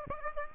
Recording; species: mosquito wingbeat signal from an infrared sensor; Aedes aegypti